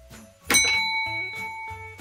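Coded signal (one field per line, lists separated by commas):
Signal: bell signal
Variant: railway block bell code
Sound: a single clear bell ding that rings on and slowly fades, then soft clicks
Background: faint clicks and knocks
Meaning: One beat back acknowledges the call attention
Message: 1 strike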